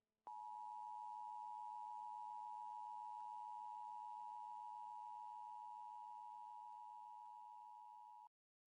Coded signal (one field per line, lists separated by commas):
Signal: Emergency Alert System (SAME) tones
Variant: 853 and 960 Hz attention tone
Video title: Hylian EAS : Nordicostian Tsunami Scenario